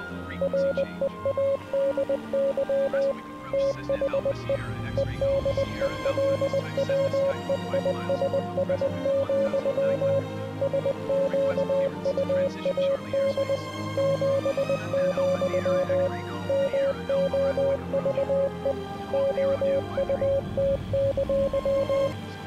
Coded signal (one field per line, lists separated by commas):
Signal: Morse code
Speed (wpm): 20 wpm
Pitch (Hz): 560 Hz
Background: music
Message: READY THE EDELWEISS, SQUAD 7, MOVE OUT!